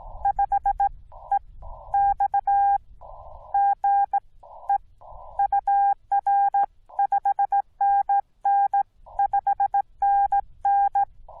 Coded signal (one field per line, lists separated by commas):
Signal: Morse code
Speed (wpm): 16 wpm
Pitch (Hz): 800 Hz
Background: none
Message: 5EX GE UR 5NN 5NN